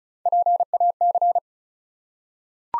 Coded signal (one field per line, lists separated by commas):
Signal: Morse code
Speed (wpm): 36 wpm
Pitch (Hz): 700 Hz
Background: none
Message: PAC